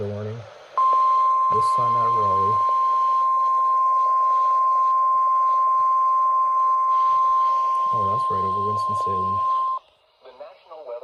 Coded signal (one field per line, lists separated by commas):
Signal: Emergency Alert System (SAME) tones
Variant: 1050 Hz attention tone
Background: speech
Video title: MARCH OF THE MEDIOCRE MODERATE - EAS Alerts from 3/16/26 || EAS 2,054-2,085